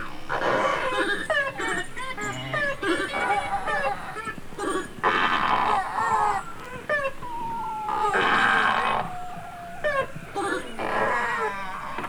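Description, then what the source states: Beluga whale calls: a dense mix of squeals, chirps and buzzy bursts, with downward-sliding whistles and a long falling tone. Several belugas recorded in the Arctic.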